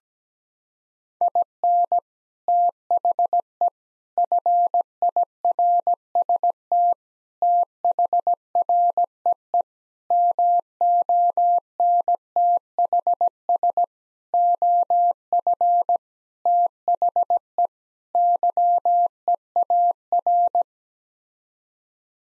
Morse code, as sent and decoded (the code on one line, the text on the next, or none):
.. -. / - .... . / ..-. .. .-. ... - / - .... .-. . . / -- --- -. - .... ... / --- ..-. / - .... . / -.-- . .- .-.
IN THE FIRST THREE MONTHS OF THE YEAR